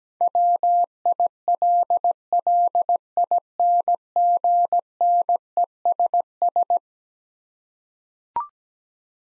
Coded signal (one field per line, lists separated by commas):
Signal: Morse code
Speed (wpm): 17 wpm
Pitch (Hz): 700 Hz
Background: none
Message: WILLINGNESS